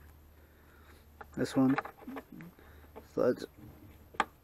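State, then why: Seated. Someone talks while a plastic wiring harness connector is pushed onto an engine sensor socket during water pump reassembly on a 2008 Dodge Ram 1500. The connector seats with a sharp click at 4.2 s, and it has a red locking tab that is pushed down next.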